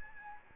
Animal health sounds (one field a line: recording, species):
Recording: mosquito wingbeat signal from an infrared sensor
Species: Aedes albopictus